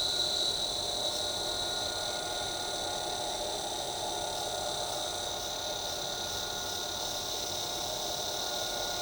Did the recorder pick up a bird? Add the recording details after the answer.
no. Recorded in shrubland near Pivijay, Magdalena, Colombia, on 13 April 2023 at 08:30. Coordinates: 10.453, -74.365. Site P5-G022